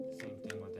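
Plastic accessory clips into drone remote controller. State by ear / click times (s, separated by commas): not seated / none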